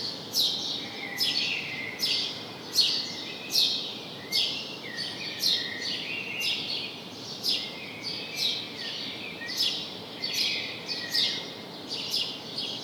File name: Passer domesticus